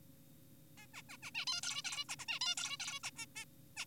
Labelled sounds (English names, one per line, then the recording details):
Zebra Finch
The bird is an adult
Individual g4p5U